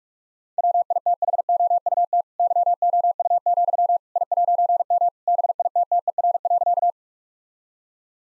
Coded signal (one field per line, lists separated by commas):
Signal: Morse code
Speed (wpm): 46 wpm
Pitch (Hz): 700 Hz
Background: none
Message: WITHOUT YOU, I'M BITTER.